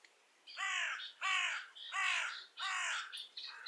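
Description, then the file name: Carrion crow giving four raspy, downslurred caws about every three-quarters of a second, with a faint extra call at the end. "Corvus corone"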